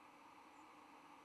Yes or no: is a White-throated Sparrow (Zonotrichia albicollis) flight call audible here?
no